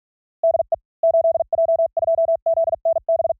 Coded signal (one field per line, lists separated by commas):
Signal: Morse code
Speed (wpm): 46 wpm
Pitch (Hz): 660 Hz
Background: none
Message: DE 8J2ZNB